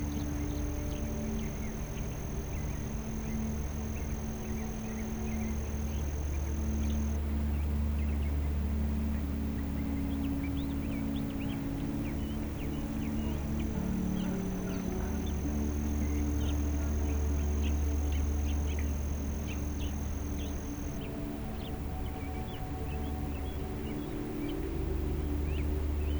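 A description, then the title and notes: Birds chirp in short, scattered calls throughout, riding over a steady hiss and a constant low hum. Soft held tones sit underneath and shift slowly, and a thin high whine comes in for the first seven seconds and again from about 15 to 21 seconds. Birds singing along with white noise and a peaceful soft piano. Nightingale. Sound: white noise, bird songs, nature, forest. Music: piano, ambient music, sleep music.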